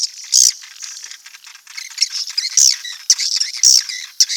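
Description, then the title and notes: Swiftlet calls, sharp high squeaks and short twitters in quick irregular bursts, several loud accented chirps standing out. Asia; recording used in swiftlet farming to attract birds. "Swiflet Bird Sound. Farming Swiflet Bird asia sound"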